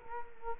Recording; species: mosquito wingbeat signal from an infrared sensor; Culex quinquefasciatus